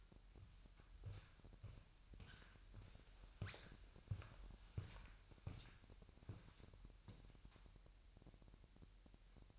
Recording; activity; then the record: daily activity, microphone in the room; walk to room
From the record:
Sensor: 2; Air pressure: 1001.8 hPa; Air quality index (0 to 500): 249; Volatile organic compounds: 36 ppm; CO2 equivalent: 3079 ppm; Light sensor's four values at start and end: 6/14/6/6 and 6/13/5/5